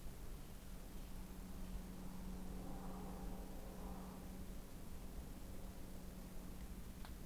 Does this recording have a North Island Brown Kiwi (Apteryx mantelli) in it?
no